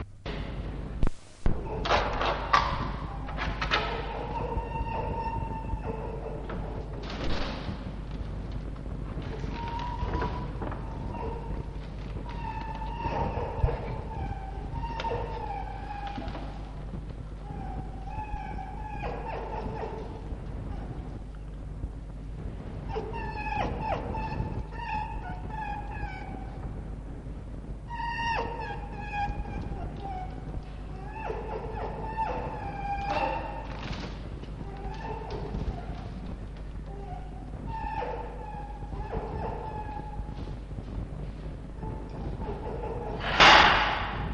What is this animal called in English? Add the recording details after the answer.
Red Fox. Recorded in captivity. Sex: male. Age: adult. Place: Zoologisches Institut der HUB, Berlin, DE. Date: 1955-02-26 17:50. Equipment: 19 cm, Halbspuraufnahme (BG 5). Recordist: Tembrock, Günter. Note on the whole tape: Band F 206-1: Fritz: LKK-Drohwinseln (klingt in Knätschen ab); gegen Jau: Drohwinseln (nur zu Anfang kurz)